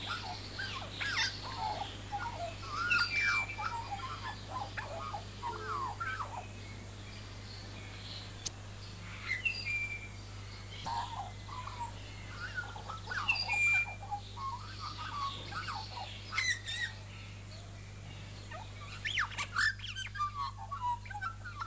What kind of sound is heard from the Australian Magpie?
song